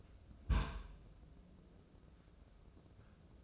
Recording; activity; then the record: daily activity, microphone in the room; place on stove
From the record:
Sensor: 2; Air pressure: 995.3 hPa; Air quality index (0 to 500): 77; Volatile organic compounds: 3 ppm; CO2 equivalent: 1365 ppm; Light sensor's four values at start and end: 22/72/28/27 and 22/72/28/27